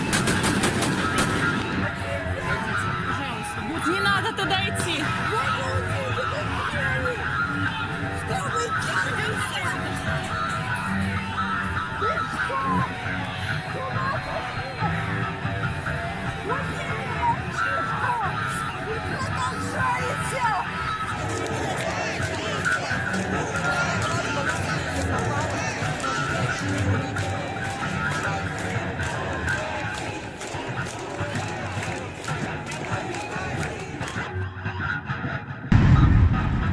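A protest in Belarus: a dense crowd fills the recording with overlapping voices and steady babble throughout, with sharper shouts and calls rising above it. The level stays fairly even until a brief cut and a louder burst near the end.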